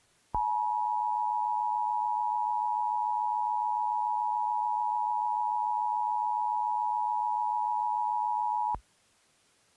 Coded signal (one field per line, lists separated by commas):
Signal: Emergency Alert System (SAME) tones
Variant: 853 and 960 Hz attention tone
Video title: WE WILL NEVER KNOW except its the whole EAS alert